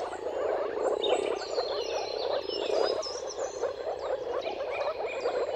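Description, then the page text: Moor frog chorus of continuous soft, bubbling gurgles, many frogs calling together, while birds sing whistled phrases. Moor frogs giving mating calls in a chorus at sunrise, at the turn of March and April, timing depending on the weather. "Dawn’s Chorus: Mating Calls of Marsh Frogs at Sunrise. Depending on the weather at the turn of March and April, you can witness an amazing spectacle of moor frogs. Jakub Orzecki"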